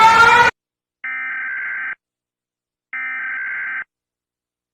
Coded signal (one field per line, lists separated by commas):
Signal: Emergency Alert System (SAME) tones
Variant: header bursts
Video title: Rating EAS Alarms!!!! Part 1